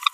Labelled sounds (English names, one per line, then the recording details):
Green-rumped Parrotlet babbling
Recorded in a nest box in Venezuela
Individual 18B25A4